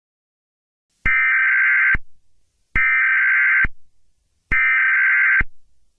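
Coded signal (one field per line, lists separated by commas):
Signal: Emergency Alert System (SAME) tones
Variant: header bursts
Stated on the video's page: Fictional Thanksgiving EAS scenario, not a real alert.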